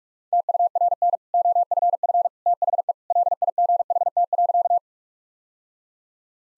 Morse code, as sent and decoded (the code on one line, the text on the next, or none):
- ..- .-. -. / --- ..-. ..-. / - .... . / .-.. .. --. .... - .-.-.-
TURN OFF THE LIGHT.